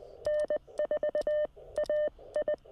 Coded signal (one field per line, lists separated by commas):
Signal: Morse code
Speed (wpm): 20 wpm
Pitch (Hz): 600 Hz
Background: none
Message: N4AI